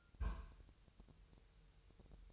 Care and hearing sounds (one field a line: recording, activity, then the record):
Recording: daily activity, microphone in the room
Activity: place on stove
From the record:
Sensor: 2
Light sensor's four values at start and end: 6/15/6/6 and 6/15/6/6